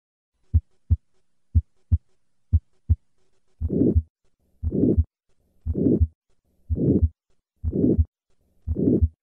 Aortic stenosis auscultation sound. Three normal beats and then add the murmur. Murmur has a diamond shape and ends before the aortic component of the second heart sound. The later the murmur peaks, the more severe the stenosis.